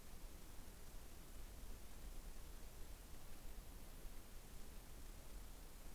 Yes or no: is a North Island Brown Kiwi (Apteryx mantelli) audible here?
no